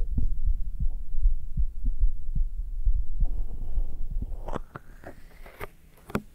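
Normal adult heart sounds picked up on bare skin over the right side of the chest with a black 3Dio binaural microphone: low, steady thumps of the heartbeat, giving way near the end to soft rustling and sharp clicks.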